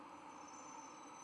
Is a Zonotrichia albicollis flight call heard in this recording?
no